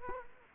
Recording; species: mosquito wingbeat signal from an infrared sensor; Culex quinquefasciatus